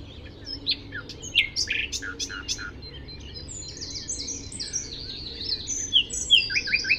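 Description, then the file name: Common nightingale song: loud sharp notes repeated in quick succession, followed by softer, varied high twittering. "Luscinia megarhynchos"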